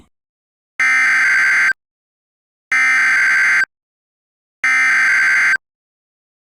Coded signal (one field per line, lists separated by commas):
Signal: Emergency Alert System (SAME) tones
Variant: header bursts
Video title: Florida Tornado EAS SCENARIO | DISNEY IN DANGER| Pt 1